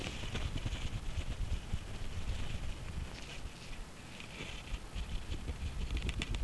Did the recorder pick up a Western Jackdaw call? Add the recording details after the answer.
no. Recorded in Germany in the breeding season of 2015. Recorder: a small backpack on a wild male jackdaw